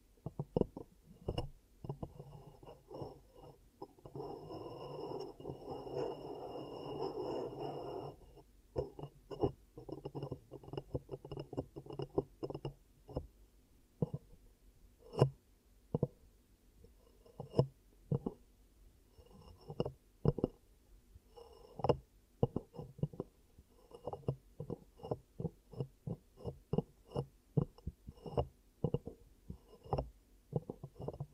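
ASMR ear cupping triggers: a muffled, hollow rustling swell fills the first eight seconds, then gives way to a long run of soft thumps and sharp pops, landing irregularly about one or two per second until the end. A faint thin whine lingers underneath.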